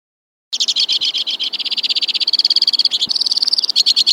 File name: suara kicauan burung white-winged crossbill. omkicau